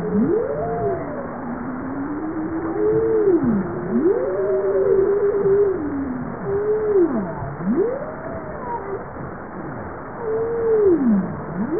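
Bowhead whale calls: low tonal moans that swoop and arch up and down, some U-shaped dips and rising-falling sweeps, overlapping one another almost continuously over a murky underwater background.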